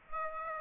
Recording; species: mosquito wingbeat signal from an infrared sensor; Aedes aegypti